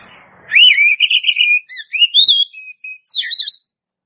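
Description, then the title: Oriental magpie-robin song: a sustained wavering whistle followed by a string of short varied whistled phrases and upslurred notes, clear and loud. "Kacer"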